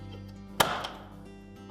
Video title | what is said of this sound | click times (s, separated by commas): Frigidaire Refrigerator Repair - How to Replace the Door Shelf Retaining Bar | and make sure it snaps into place. | 0.6 s